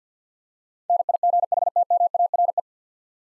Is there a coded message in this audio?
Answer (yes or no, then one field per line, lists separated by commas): yes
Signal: Morse code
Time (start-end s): 0.9-2.6 s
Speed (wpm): 50 wpm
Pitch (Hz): 700 Hz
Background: none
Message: NIGHTMARE